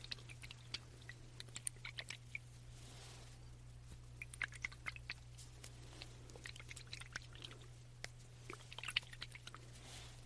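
A dropper is squeezed and released, giving a string of small wet clicks, squishes and ticks at an irregular pace throughout, a few a bit louder around the middle and near the end. A steady low hum runs underneath the whole time.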